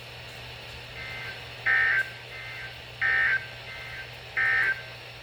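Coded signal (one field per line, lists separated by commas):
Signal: Emergency Alert System (SAME) tones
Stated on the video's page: Severe thunderstorm warning received on WR-400 and WR-300 NOAA weather radios.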